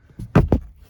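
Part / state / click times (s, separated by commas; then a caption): fold-away bed platform piece into its mount in a car camping setup / seated / 0.4 s, 0.5 s. A piece of a fold-away bed platform is pressed into its mount in a car camping setup after the rolled mattress is pushed back. Two sharp snaps are heard at 0.4 s and 0.5 s, preceded by a softer shuffle, and the panel seats in place.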